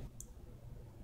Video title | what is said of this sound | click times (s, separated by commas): Vision MK Sub Ohm Tank Review Unboxing | nice and clicky clicks into place it's not gonna move on you | 0.2 s